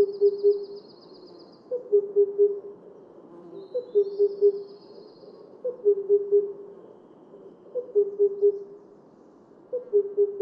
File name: Himalayan cuckoo